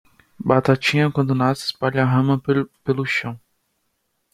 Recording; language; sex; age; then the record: short text; Brazilian Portuguese; male; 20 to 29 years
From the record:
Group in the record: control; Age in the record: 25 years